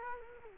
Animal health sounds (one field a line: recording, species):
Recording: mosquito wingbeat signal from an infrared sensor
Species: Culex quinquefasciatus